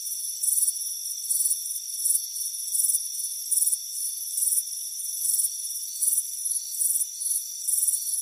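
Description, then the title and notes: Crickets chirping, short shrill trilled bursts coming one after another, layered over continuous high-pitched insect hum. Crickets chirping on a warm afternoon at a front porch. "Soothing Crickets Chirping Sound. It's a warm afternoon as you relax in a hammock on the front porch. Relax and fall asleep to the soothing sound of chirping crickets"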